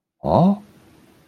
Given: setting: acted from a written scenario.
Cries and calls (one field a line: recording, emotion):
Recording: vocal sound without words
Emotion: confusion